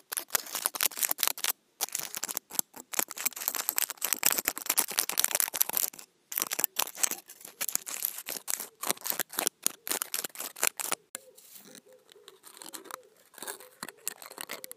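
Scrunched-up foil is rubbed and crinkled between the hands, making dense, bright crackling with sharp clicks and short silent gaps. The crackle is thickest in the first half, then thins toward the end, where a faint steady tone hums beneath the sparser crinkles.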